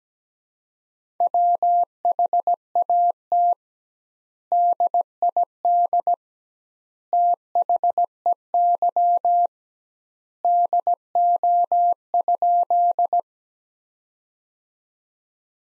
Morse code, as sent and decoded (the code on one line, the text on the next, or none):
.-- .... .- - / -.. .. -.. / - .... . -.-- / -.. --- ..--..
WHAT DID THEY DO?